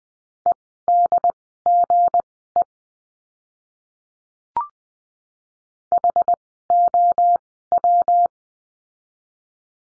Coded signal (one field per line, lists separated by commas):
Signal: Morse code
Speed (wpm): 20 wpm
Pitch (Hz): 700 Hz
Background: none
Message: EDGE HOW